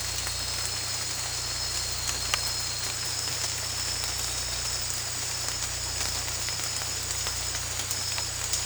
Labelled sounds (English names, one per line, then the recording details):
none
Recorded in dense forest near Puerto Asís, Putumayo, Colombia, on 16 December 2024 at 02:00
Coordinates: 0.467, -76.328
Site GP05